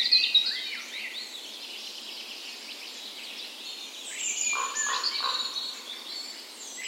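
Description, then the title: Birds in a dawn chorus: a mesh of high twitters and trills, joined midway by a lower, fuller phrase standing out from the background singers. Spring dawn chorus in a park west in Bergen, Norway, on the morning of 17 May, Norway's National Day; recorded with a Sony PCM A10 and LOM Usi microphones as tree ears. "17th Of May Dawn Chorus"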